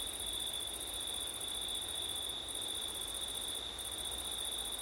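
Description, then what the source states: Crickets chirring in a steady chorus, a continuous high trill with an even higher buzzing band that breaks briefly twice, over a low rumble of wind. Crickets on a windy September night; ORTF stereo.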